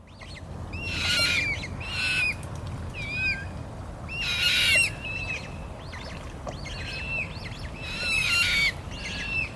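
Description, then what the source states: Eurasian coot young giving thin, squeaky piping calls mixed with harsh raspy bursts, irregular and overlapping, over a steady low rumble. Young birds.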